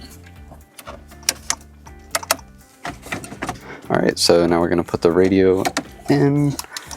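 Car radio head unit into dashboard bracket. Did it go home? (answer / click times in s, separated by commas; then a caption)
no / none. A car radio head unit for a 2014–2017 Acura MDX factory stereo, fitted with a VLine VL2 system, is handled at the dashboard opening ahead of going into its bracket, with sharp knocks at about 1.3, 1.5, 2.2 and 2.3 seconds and softer bumps near 3.1 and 3.4 seconds. Someone talks. Nothing has seated or clicked into place yet.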